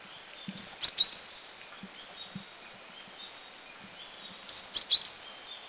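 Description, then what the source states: Great tit giving a quick burst of high, sharp chipping notes, repeated about four seconds later, over steady hiss with faint low thuds. Recorded at Doi Chiang Dao, northern Thailand.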